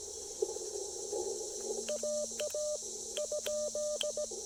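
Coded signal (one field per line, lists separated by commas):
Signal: Morse code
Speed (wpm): 16 wpm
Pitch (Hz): 600 Hz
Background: none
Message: AA ?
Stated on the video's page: QRP Parks on the Air activation with an Icom IC-705, LDG Z-100 Plus tuner and Chameleon Tactical Delta Loop antenna.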